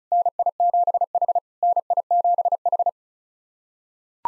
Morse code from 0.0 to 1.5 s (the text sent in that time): NI7H